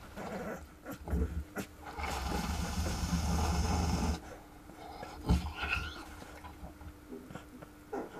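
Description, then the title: Wolverine growling: deep, pulsing rumbles in uneven bursts, a long sustained stretch in the middle, then shorter throaty grunts. "Ahma"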